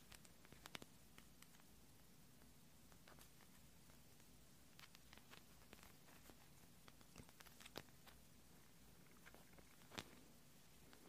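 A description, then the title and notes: Gentle, clicky sounds over a steady soft hiss with a low hum underneath. Small sharp clicks and crackles pop up irregularly throughout, a few every second, with the loudest snaps near the start and around ten seconds. The overall level stays quiet and even. Assorted Gentle Sounds .. Silent . Clicky . Sticky . Soapy.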